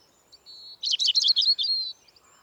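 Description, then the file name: European robin song fragment: a sustained thin whistle leading into a rapid cluster of high, tinkling notes that fade into a drawn-out tone. "Erithacus rubecula"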